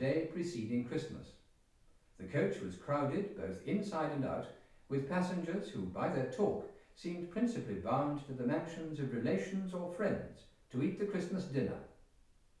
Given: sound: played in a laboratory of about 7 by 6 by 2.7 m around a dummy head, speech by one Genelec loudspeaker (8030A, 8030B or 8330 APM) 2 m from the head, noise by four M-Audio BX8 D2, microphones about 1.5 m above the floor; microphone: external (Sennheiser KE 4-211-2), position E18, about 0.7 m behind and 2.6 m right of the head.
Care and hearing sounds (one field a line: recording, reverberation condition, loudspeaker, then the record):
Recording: male speech in English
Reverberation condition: medium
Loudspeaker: in front (0 degrees)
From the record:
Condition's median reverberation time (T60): about 510 ms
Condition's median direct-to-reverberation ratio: about -0.5 dB